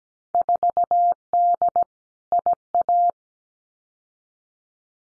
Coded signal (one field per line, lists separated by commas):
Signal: Morse code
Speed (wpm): 17 wpm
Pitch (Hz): 700 Hz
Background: none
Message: 4D IA